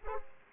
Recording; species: mosquito wingbeat signal from an infrared sensor; Aedes aegypti